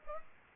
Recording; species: mosquito wingbeat signal from an infrared sensor; Culex pipiens